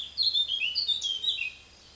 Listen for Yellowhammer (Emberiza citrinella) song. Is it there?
no